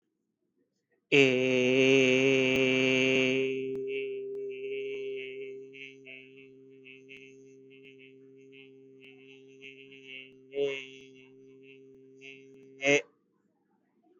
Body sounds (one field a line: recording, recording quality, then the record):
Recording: sustained vowel as in made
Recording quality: excellent, no background noise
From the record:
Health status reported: recovered from COVID-19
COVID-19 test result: positive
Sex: male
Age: 25 years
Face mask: not worn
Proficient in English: yes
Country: India